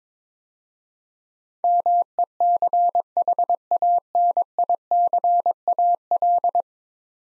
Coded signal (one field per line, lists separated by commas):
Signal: Morse code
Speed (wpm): 22 wpm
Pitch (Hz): 700 Hz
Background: none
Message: MECHANICAL